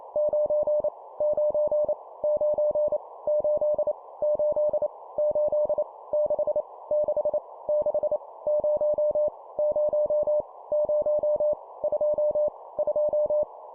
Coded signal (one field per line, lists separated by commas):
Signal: Morse code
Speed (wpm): 28 wpm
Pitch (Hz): 600 Hz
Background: none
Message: 9 9 9 8 8 8 6 6 6 0 0 0 2 2